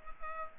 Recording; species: mosquito wingbeat signal from an infrared sensor; Culex pipiens